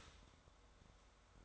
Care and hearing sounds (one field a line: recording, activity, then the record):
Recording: daily activity, microphone in the room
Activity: start toaster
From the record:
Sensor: 3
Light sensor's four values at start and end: 4/10/4/4 and 4/10/4/4